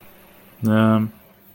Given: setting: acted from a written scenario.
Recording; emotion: vocal sound without words; neutral